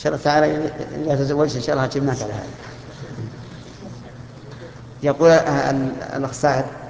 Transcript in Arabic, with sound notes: شاء الله تعالى إذا تزوّجت إن شاء الله أجبناك على هذا (ضحك الحضور) يقول الأخ سعد،